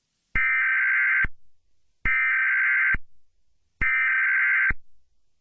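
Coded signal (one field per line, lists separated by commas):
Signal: Emergency Alert System (SAME) tones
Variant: header bursts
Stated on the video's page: Simulated, fictional EAS mock scenario made with editing software and text-to-speech.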